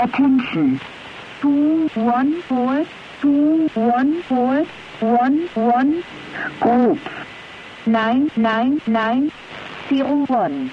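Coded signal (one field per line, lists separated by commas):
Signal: numbers station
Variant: G16, German female voice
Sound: female voice reads short numbers one by one, evenly spaced, over hiss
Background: radio static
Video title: G16 "2 Letter DM" Numbers Station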